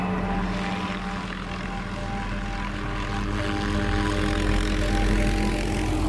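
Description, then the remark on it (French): A helicopter's engine and rotor drone steadily and loudly for several seconds, a continuous low, tonal hum with layered harmonics and no voices. The helicopter waits at Annecy aerodrome, bound for Monaco. “Son fils l'y attend avec un hélicoptère, direction Monaco.”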